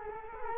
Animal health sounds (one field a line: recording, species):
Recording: mosquito wingbeat signal from an infrared sensor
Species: Culex quinquefasciatus